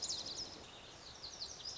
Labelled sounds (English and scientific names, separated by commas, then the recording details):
Lazuli Bunting (Passerina amoena)
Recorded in Sonoma County, California